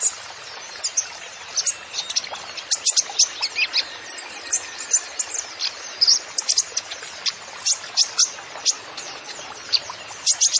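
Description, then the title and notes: Kolibri ninja song of quick, high, piercing chirps and short trills in an irregular, almost continuous chatter with brief pauses. Masteran training recording for songbirds, song full of isian (fill-in phrases) and tembakan (rapid shot notes), bird described as gacor (singing vigorously), meant as pancingan to lure other birds into singing. "MASTERAN KOLIBRI NINJA TERBAIK FULL ISIAN DAN TEMBAKAN MEWAH COCOK BUAT PANCINGAN. Suara Burung Kolibri Ninja Gacor"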